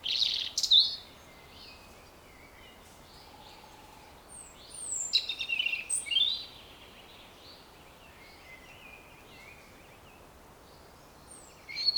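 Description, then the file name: European robin song: thin high warbled phrases and sharp ticks in scattered bursts over steady background hiss. "Erithacus rubecula"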